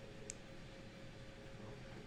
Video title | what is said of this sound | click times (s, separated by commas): Build and Chill Part 3 - LumiBrick Steampunk Train Station | you just snap in place | 0.3 s